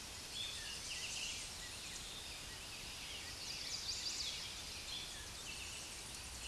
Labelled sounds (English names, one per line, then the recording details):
Chestnut-sided Warbler song
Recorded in a Pennsylvania forest on 16 May 2024 at 08:38
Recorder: AudioMoth, point MSD-1893
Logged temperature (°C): 16.6 °C
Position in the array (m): 21 m, 25 m